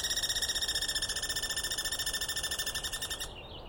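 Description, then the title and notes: Douglas squirrel chatter: a fast, buzzy rattle of even pulses, holding steady for about three seconds before stopping abruptly. Douglas pine squirrel, East Cascades, dawn on 21 April 2017, screaming persistently at the recordist; identified by sound, not clearly seen. "On the morning of 21 April, 2017, I set up my microphones and recorder for a nice dawn recording in the East Cascades. I was started awake by a screaming Douglas Pine Squirrel."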